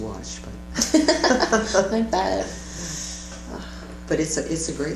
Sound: laughter

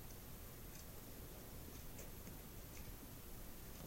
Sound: none

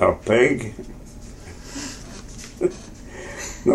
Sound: laughter

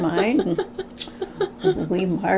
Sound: laughter

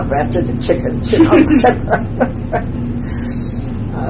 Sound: laughs

